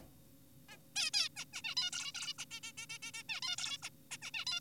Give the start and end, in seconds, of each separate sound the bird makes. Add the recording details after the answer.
0.69-0.78, 0.96-1.10, 1.14-1.29, 1.36-1.45, 1.53-1.62, 1.64-1.75, 1.77-1.90, 1.93-2.12, 2.15-2.34, 2.39-2.45, 2.51-2.60, 2.64-2.72, 2.78-2.86, 2.90-2.98, 3.02-3.12, 3.14-3.23, 3.29-3.40, 3.42-3.56, 3.58-3.78, 3.83-3.90, 4.11-4.18, 4.22-4.31, 4.34-4.45, 4.47-4.60. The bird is an adult. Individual g4p5U